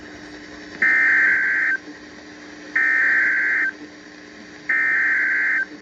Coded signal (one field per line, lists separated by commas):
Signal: Emergency Alert System (SAME) tones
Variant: header bursts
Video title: EAS #2106 Severe Thunderstorm Warning on KXI58